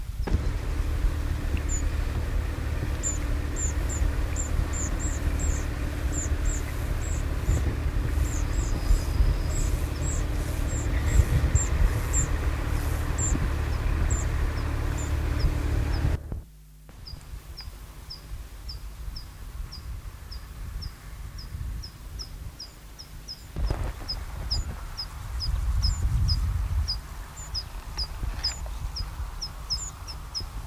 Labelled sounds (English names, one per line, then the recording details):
Tree Pipit call
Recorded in the wild
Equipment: Halbspur, 9,5 cm/s
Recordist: Lütgens, Hans